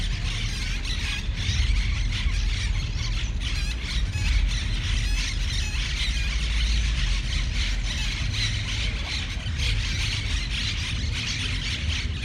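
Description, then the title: Monk parakeet flock chattering, rough screeches in dense overlapping bursts, backed by heavy low-pitched traffic noise. Several parakeets recorded in a city park in Barcelona, Spain, on 20 September 2019. "MONK-PARAKEETS-PARC-DE-LA-CIUTADELLA-BARCELONA-20-SEP-2019"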